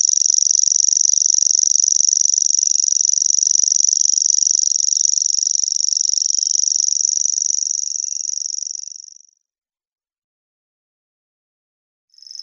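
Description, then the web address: Common grasshopper warbler reeling: a long, high, buzzy trill that runs about nine seconds, fades and stops, then starts again just before the end. "Schulze Peter Grasshopper Warbler song"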